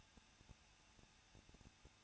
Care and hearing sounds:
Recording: daily activity, microphone in the room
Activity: no activity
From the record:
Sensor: 2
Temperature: 21.0 degrees Celsius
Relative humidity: 37.5%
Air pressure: 1006.2 hPa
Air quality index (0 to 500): 223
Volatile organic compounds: 25 ppm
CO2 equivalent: 2838 ppm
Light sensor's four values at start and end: 2/3/2/2 and 2/3/2/2

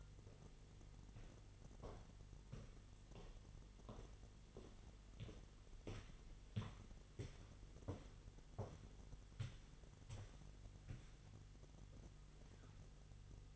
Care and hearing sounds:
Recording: daily activity, microphone in the room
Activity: walk to room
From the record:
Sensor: 4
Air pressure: 989.0 hPa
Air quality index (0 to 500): 201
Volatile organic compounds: 47 ppm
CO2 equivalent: 3259 ppm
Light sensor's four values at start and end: 29/99/37/39 and 29/98/36/38

